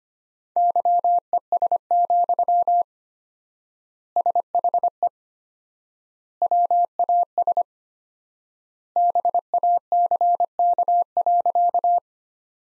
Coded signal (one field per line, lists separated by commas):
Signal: Morse code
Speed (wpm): 25 wpm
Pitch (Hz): 700 Hz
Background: none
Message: YES, SHE WAS BACK.